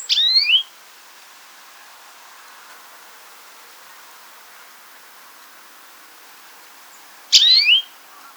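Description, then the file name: European greenfinch calls: two brief bursts of descending chirpy notes, one at the start and another about seven seconds later, with quiet background hiss between. "Chloris chloris"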